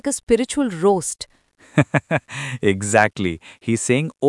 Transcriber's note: laughs